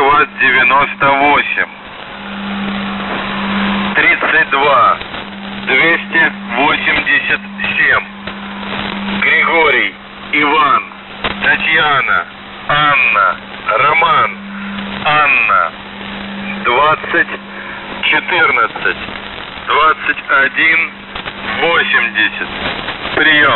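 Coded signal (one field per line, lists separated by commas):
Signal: coded military voice message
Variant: Russian, The Goose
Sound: russian voice reads a callsign, number groups and phonetic names over a steady low hum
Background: radio static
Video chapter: 00:00 - Воздух Охват-98 32287 ГИТАРА 2014 2180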